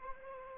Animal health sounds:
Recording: mosquito wingbeat signal from an infrared sensor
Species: Anopheles arabiensis

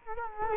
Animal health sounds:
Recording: mosquito wingbeat signal from an infrared sensor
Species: Culex quinquefasciatus

